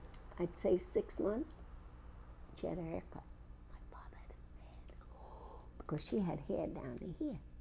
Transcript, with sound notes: I'd say six months, she had her hair cut. (She whispers.) My father had a fit, ow, because she had hair down to here.